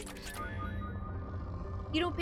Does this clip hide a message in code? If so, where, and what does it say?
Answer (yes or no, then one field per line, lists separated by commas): no